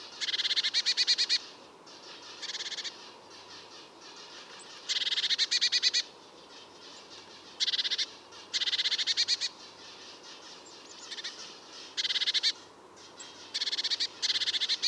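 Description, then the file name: Eurasian blue tit giving bursts of harsh, buzzy churring scold calls, each a rapid pulsed rattle, repeated at irregular intervals. "Cyanistes caeruleus"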